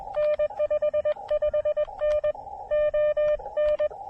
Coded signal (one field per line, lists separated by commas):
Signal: Morse code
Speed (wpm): 21 wpm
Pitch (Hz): 600 Hz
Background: none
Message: N 55N ON